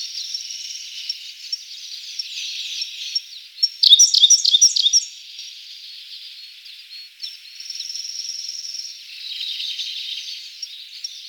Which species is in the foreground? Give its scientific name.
Luscinia cyane